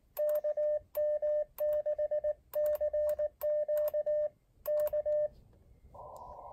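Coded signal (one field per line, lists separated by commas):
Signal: Morse code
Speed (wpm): 19 wpm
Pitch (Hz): 600 Hz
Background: radio noise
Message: KM6CQ K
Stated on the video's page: Elecraft AX1 portable QRP antenna.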